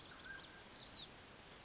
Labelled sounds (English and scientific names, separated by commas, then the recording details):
Mountain Quail (Oreortyx pictus)
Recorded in Sonoma County, California